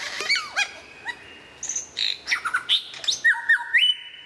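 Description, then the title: White-rumped shama song: varied sharp chirps and sliding whistles, ending in steady level whistled notes repeated several times. Training recording for caged birds; from 2014. "mster Mnuk. Mastering Murai Batu"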